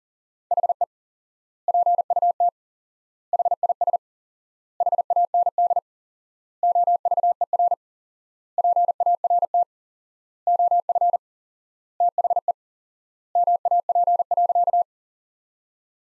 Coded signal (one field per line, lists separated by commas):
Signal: Morse code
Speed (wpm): 37 wpm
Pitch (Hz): 700 Hz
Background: none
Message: HE PUT HIS HAND OVER PART OF THE MAP.